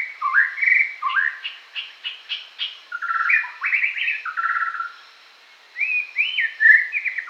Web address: White-Rumped Shama Song